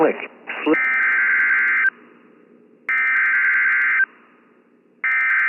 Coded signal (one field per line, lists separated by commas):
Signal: Emergency Alert System (SAME) tones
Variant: header bursts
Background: speech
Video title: EAS #58: Severe Thunderstorm Warning